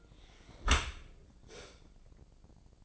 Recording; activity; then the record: daily activity, microphone in the room; close dishwasher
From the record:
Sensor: 5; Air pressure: 1012.4 hPa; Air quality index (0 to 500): 158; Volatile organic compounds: 2 ppm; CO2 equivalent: 1074 ppm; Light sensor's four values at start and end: 106/255/108/121 and 106/254/108/121